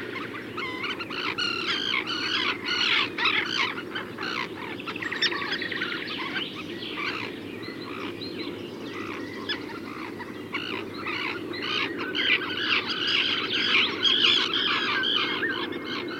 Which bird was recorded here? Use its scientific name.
Sterna hirundo